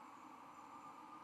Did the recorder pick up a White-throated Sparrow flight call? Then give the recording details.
no. No flight call is heard. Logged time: 01:45 on 13 November 2014